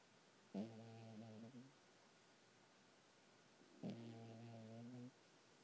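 Two low, buzzing breath sounds, each about a second long and roughly three seconds apart, with quiet pauses between: a cat snoring.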